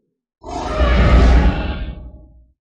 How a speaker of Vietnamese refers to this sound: Một tiếng gầm khẽ, con quái thú thần bí trong nháy mắt đã hóa thành một tàn ảnh mơ hồ mang theo kim quang.